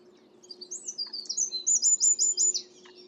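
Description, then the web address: A bird gives high thin notes that build into a fast, repeated trill, over a steady low hum. "cianscape birddata Deverinetal 2025"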